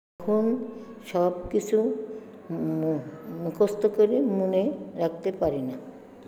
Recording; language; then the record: elicited speech; Bengali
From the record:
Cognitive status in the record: dementia